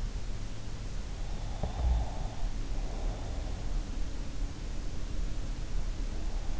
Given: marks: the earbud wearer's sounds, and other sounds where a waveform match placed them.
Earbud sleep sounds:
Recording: sounds in sleep by an in-ear microphone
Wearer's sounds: breath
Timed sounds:
1.63-3.39 s: breath

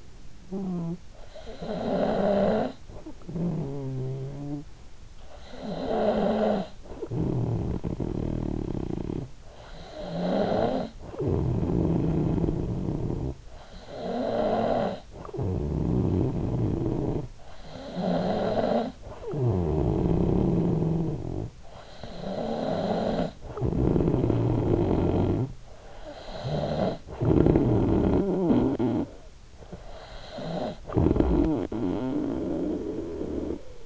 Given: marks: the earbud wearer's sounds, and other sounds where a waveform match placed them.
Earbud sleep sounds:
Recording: sounds in sleep by an in-ear microphone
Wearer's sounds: snoring breath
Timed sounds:
0.47-4.77 s: snoring breath
5.41-33.86 s: snoring breath

